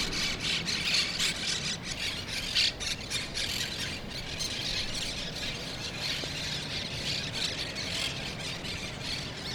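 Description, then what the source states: Monk parakeet: harsh, scratchy squawks from monk parakeets pour out in a steady busy chorus, calls blurring together at a fast, irregular pace. Recorded in Brooklyn; birds referred to as Brooklyn parrots.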